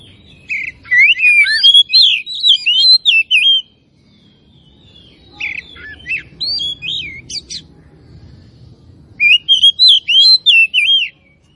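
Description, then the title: Oriental magpie-robin singing three bursts of loud varied whistles and chattering notes with silent gaps between, over faint low background noise. Singing actively (gacor); Tretes. "Kacer Tretes Gacor"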